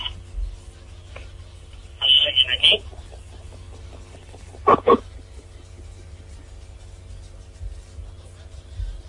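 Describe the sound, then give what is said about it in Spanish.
A loud, high-pitched electronic beep from a Spirit Box device, with a phone held right beside it, sounds for under a second, followed a few seconds later by a shorter sharp burst, both over a steady low hum. “Vais a escuchar un pitido, ruido. Un ruido bastante ensordecedor.”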